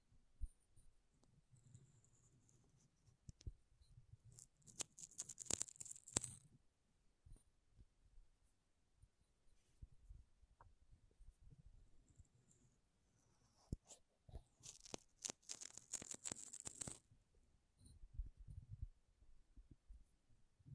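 Makeup items are tapped and scratched in an irregular stream of soft low knocks and taps. Two bursts of bright, hissy scratching stand out, one around five to six seconds and a longer one from about fourteen to seventeen seconds, with quieter tapping between.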